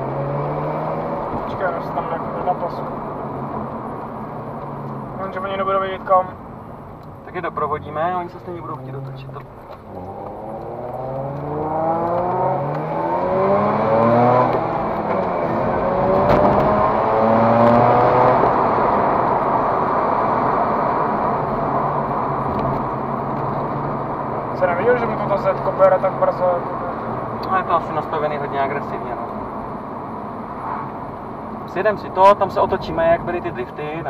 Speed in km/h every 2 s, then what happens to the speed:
30, 51, 42, 26, 15, 12, 33, 52, 78, 94, 84, 65, 60, 58, 54, 47, 38.
0-2 speeds up to 51. 3-10 brakes to 12. 10-17 speeds up to 94. 19-34 brakes to 38.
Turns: 23-27.